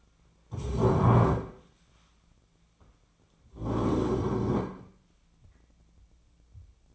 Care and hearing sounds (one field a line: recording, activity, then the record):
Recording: daily activity, microphone in the room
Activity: stand up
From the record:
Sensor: 1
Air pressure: 1009.3 hPa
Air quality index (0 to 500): 177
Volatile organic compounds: 3 ppm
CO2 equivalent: 1494 ppm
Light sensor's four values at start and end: 46/123/51/61 and 43/113/47/56